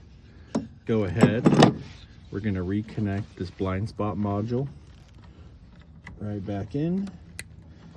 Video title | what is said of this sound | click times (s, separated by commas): How to Replace a Tail Light on a 2019-23 Ford Ranger - Step-by-Step Guide | You wanna make sure it clicks in place. | 7.4 s